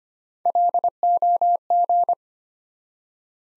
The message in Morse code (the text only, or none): LOG